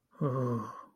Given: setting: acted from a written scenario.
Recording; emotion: vocal sound without words; desire